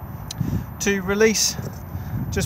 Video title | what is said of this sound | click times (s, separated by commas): 46713 Elddis 2021 Xplore 586 outside handover | use it, plug this bit here where my finger is. It will lock into place and allow you to turn the gas on. | 0.3 s